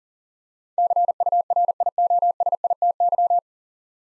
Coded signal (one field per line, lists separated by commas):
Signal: Morse code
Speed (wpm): 37 wpm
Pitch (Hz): 700 Hz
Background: none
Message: CURIOSITY